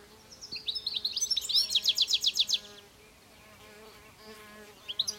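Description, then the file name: European goldfinch giving a quick burst of high, tinkling twitters and buzzy trilled notes for about two seconds, then a few more chirps near the end. "Carduelis carduelis"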